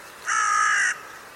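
Bird uttering one rasping caw held for under a second against quiet background hiss.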